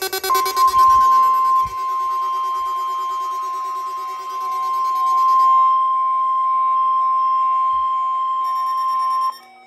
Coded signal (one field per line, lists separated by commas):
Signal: Emergency Alert System (SAME) tones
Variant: 1050 Hz attention tone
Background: music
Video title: CRP Required Weekly Test on WXK26 (EAS 435) - 12/22/2021